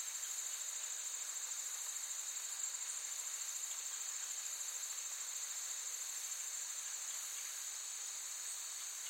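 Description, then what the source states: Insects sustaining a constant high buzzing chorus. Forest ambience with active insects, looped.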